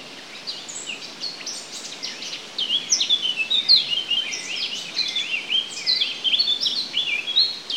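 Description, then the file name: Blackcap warbling, a fast jumble of high chirps and slurred notes that grows louder and busier after the first few seconds. "Sylvia atricapilla"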